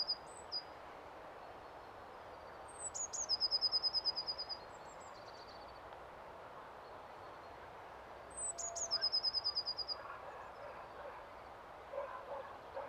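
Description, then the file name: Eurasian blue tit singing two phrases, each starting with high thin descending notes and ending in a rapid, level trill, separated by several seconds of quiet hiss. "Cyanistes caeruleus"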